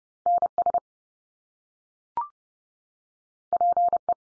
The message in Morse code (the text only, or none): NS PE